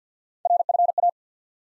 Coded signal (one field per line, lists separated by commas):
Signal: Morse code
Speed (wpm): 50 wpm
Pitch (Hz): 700 Hz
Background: none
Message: RFA